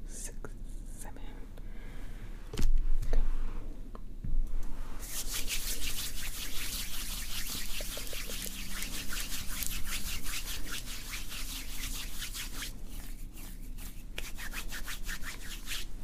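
Scalp scratching and brushing: a few soft taps and rubs, then from about five seconds dense, bright, rapid scratchy strokes continue steadily.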